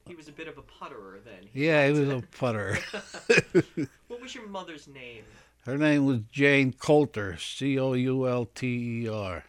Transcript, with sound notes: He was a bit of a putterer then.
Yeah, he was a putterer. (they laugh)
What was your mother's name?
Her name was Jane Coulter, C-O-U-L-T-E-R.